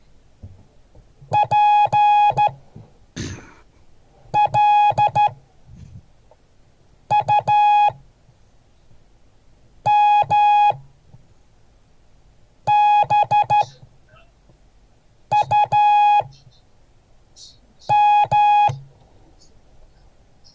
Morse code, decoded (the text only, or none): PLUMBUM